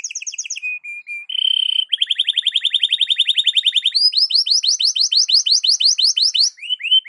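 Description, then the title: Belgian canary singing a flat whistled note, then a long rapid rattling trill and a series of quick sweeping chirps, several per second. Domestic Belgian canary; morning song used to warm up a canary, described as suited for masteran (tutoring other birds). "Canto Para Esquentar Canário Belga. SUARA BURUNG KENARI DI PAGI HARI COCOK BUAT MASTERAN"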